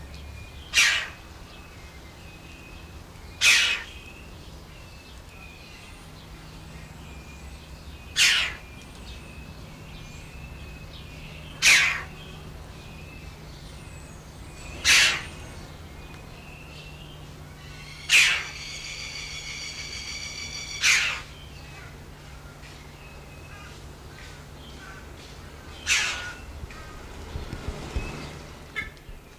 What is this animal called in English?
Red-billed Chough